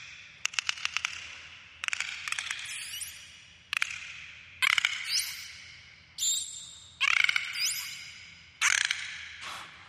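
Dolphin burst-pulse calls: rasping pulsed bursts roughly every one to two seconds, each fading with a long tail, with brief rising whistles mixed in at high pitch.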